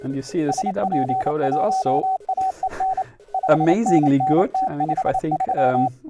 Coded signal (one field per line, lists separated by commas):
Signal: Morse code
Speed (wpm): 26 wpm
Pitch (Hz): 760 Hz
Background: speech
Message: SP1AEN 5NN T53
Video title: (tr)uSDX - RX Audio Test (Live-Stream) | Ham Radio